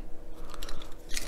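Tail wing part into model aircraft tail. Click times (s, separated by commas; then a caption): 1.2 s. A plastic or metal tail wing piece is pressed onto its mounting on the tail of a Spitfire MK1A scale model from the Hachette build. Light scraping taps and small clicks sound between about 0.5 and 0.8 s, then a sharper click at 1.2 s as the part snaps into place. The part is seated and seems all right.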